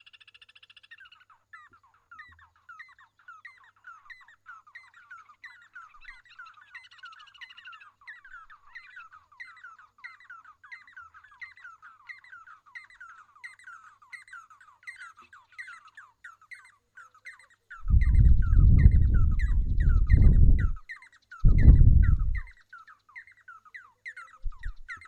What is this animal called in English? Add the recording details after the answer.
Red-and-yellow Barbet. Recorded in northern Uganda